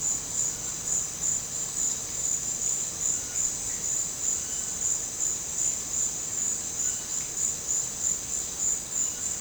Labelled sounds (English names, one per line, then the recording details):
none
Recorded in dense forest near Puerto Asís, Putumayo, Colombia, on 12 March 2025 at 17:00
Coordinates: 0.467, -76.328
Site G041